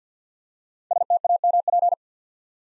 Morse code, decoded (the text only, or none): STAMP